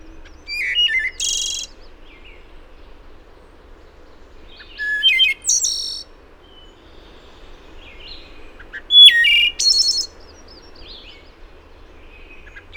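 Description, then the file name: Wood thrush singing three separate phrases about four seconds apart, each pairing rich flute-like notes with a high, buzzy trill, with quiet pauses between. Recorded 26 April 2009. "WOTH 2009-4-26"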